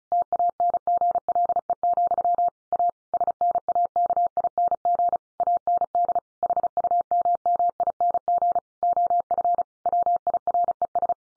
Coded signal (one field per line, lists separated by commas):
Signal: Morse code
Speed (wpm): 34 wpm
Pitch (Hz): 700 Hz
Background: none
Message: TANGLE, A SNAKING AND HUMMING OF WIRES